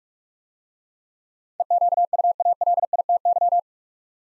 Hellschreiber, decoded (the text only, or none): none